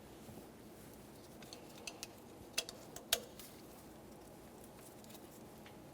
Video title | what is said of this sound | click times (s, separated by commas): How to Replace Ignition Coil 1994-1997 Honda Accord | Press it in, listen for a click, give it a tug to make sure it's completely secured. | 3.1 s